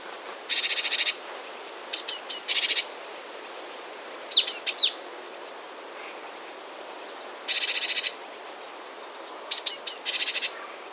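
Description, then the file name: Great tit calls: dry, rasping churrs alternating with clusters of sharp ticking notes, repeated at irregular intervals against background hiss. "Parus major"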